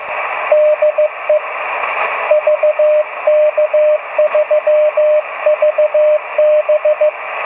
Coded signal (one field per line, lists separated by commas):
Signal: Morse code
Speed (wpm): 15 wpm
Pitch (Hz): 610 Hz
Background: radio noise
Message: DE VK3VB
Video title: Sounds from the 2020 Remembrance Day Contest